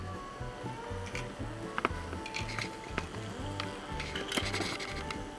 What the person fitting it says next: They all seem to be connected. You heard those little clicks. They all connected.